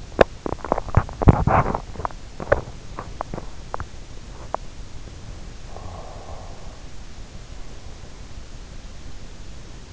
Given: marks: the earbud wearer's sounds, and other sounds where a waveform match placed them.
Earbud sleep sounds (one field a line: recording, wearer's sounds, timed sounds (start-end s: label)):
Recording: sounds in sleep by an in-ear microphone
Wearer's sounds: teeth grinding, breath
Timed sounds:
0.00-4.84 s: teeth grinding
5.37-7.00 s: breath